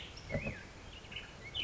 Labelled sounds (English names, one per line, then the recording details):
Black-headed Grosbeak
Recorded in Sonoma County, California